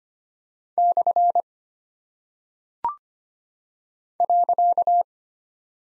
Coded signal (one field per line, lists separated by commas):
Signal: Morse code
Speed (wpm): 25 wpm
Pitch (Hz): 700 Hz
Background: none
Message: / .